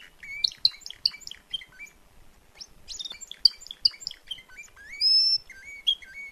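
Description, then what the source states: Timbrado canary song: rapid rolling chirps and trills, falling and rising notes, then a sustained bright whistled tone before more quick chirps. Winning canary singing at a canary competition event; owner Gabriel Ca.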